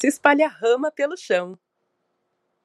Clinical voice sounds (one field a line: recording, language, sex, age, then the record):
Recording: short text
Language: Brazilian Portuguese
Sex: female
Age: 40 to 49 years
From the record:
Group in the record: control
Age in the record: 43 years